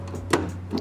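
On a 2014 third-generation Mazda 3, after the LED bulb socket is locked in, the reverse light housing or trim cover in the trunk area is pushed back into its plastic clips on the trunk lid. A single sharp click at 0.3 s marks it seating, followed by a fainter tick near 0.8 s over a low steady hum. The housing is clipped back in place.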